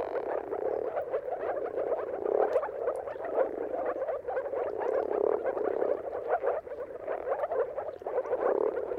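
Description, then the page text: Moor frogs in a dense mating chorus, countless soft bubbling, muffled yelps overlapping into a continuous low hum. Mating calls of moor frogs at sunrise, at the turn of March and April, timing depending on weather. "Jakub-Orzecki moor frogs. Dawn’s Chorus: Mating Calls of Marsh Frogs at Sunrise. Depending on the weather at the turn of March and April, you can witness an amazing spectacle of moor frogs"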